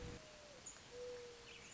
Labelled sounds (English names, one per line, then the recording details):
Mourning Dove
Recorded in Sonoma County, California